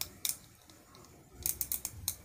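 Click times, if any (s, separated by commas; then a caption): 0.0 s, 1.5 s, 1.6 s, 2.1 s. The leg ratchet joint of an original plastic Revoltech Amazing Yamaguchi No.004 Spider-Gwen action figure is bent, and it clicks audibly into each position with sharp, bright clicks at 0.0, 1.5, 1.6 and 2.1 seconds, plus a few fainter clicks in between. The joint seats in each position, unlike the knock-off version, which makes no click.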